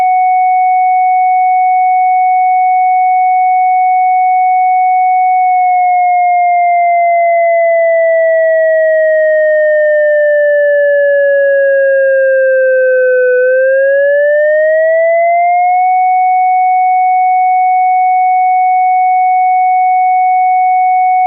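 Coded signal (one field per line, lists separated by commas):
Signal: siren signal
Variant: ASC electronic siren controller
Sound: steady synthesized siren tone that slowly falls in pitch, then rises back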